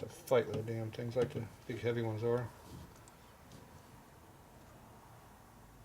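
A light wire piston pin (wrist pin) retaining clip is being handled by hand at the groove of a piston pin bore on an 88ci Evo motor (1984–1999) as someone talks for the first two and a half seconds. After that only a low, quiet background remains, and nothing has clicked or seated yet.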